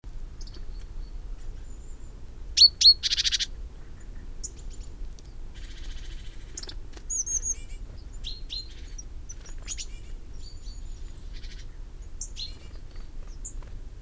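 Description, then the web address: Great tit call: two sharp high notes running into a brief buzzy churr, then scattered thin chirps and whistled notes over a low rumble. "SETE data Parus major"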